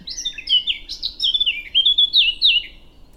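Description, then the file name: Eurasian blackcap song, a fast run of mixed warbled notes flowing into a few loud, pure whistled phrases. "Sylvia atricapilla"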